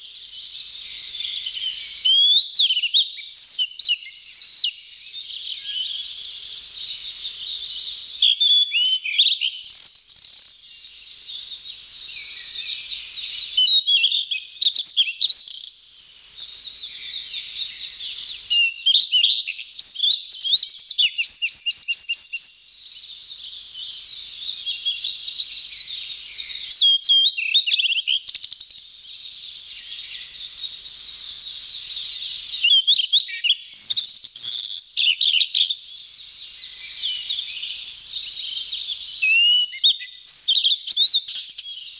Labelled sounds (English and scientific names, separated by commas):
Blue-and-white Flycatcher (Cyanoptila cyanomelana) song